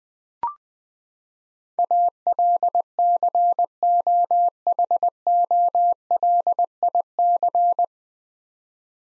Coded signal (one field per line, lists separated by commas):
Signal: Morse code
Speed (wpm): 20 wpm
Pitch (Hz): 700 Hz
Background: none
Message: ALCOHOLIC